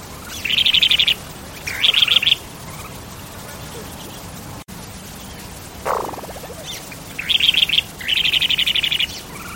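Bird trills: short, fast buzzy bursts in pairs, near the start and again late, with one lower, harsh descending note between them over faint steady background noise.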